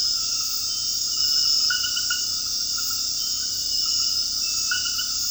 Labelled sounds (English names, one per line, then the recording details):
none
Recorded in dense forest near Puerto Asís, Putumayo, Colombia, on 19 February 2024 at 23:00
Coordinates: 0.481, -76.318
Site G6421